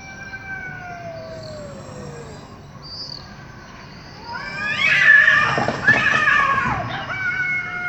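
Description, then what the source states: Cats yowling: drawn-out wavering howls slide downward, then break into a loud harsh screeching scuffle later on; thin high bird chirps in the background. Catfight.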